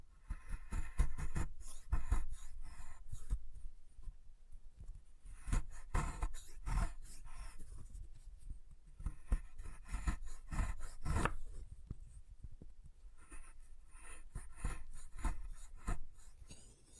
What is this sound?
Chalk Carving and Cutting Sounds